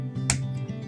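A replacement mirror frame in an RV is pushed onto its keyhole wall mounts over steady background music. A sharp snap sounds at 0.3 s as the frame seats onto the mount, and it is confirmed as seated.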